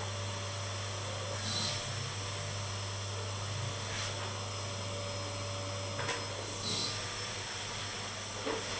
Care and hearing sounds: daily activity, microphone in the room; vacuum cleaning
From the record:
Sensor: 4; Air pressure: 992.6 hPa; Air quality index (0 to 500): 146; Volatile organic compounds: 94 ppm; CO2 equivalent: 3712 ppm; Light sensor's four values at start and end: 19/65/24/25 and 19/65/24/25

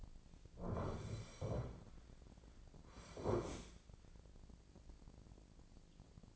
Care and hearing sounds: daily activity, microphone in the room; sit down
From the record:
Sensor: 5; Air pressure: 1009.3 hPa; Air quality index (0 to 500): 160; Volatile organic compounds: 2 ppm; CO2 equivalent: 1226 ppm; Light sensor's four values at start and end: 240/578/243/263 and 236/568/239/258

